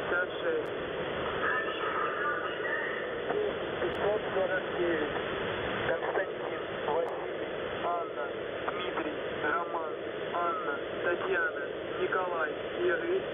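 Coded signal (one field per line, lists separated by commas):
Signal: coded military voice message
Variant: The Pip, Russian voice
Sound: male Russian voice reading callsign, numbers and code word through heavy shortwave static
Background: radio static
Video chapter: 00:00 - ЙВБ1 10549 КВАДРАТНЫЙ 3817 1856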